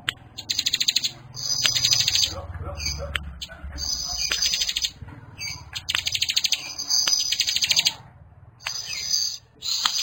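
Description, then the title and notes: Bar-winged prinia song in fast, rattling, high bursts that run almost without a break, punctuated by sharp clicks over a soft low rumble. Compilation of bar-winged prinias (ciblek) in active, vigorous song, including young birds. "Kicau Ciblek new - putri sherin. kumpulan suara burung ciblek gacor dan anakan"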